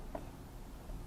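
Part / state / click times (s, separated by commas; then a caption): screw into plastic/wood cutting board base / not seated / none. A screw is turned backwards by hand in a plastic or wooden cutting-board base, feeling for the thread start so it won't cross-thread before being driven in. One brief faint tick stands out against a quiet low hum. The screw is only being handled; nothing has seated or clicked yet.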